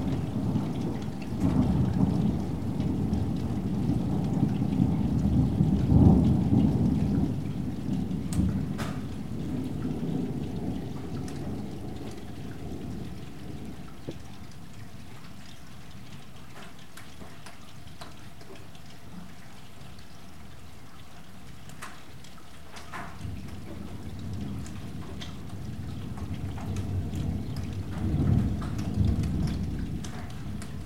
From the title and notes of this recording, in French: Côté jardin puis côté fenêtre, l'eau tombe, tombe tombe et nous fait tout petit.e.s. Orage.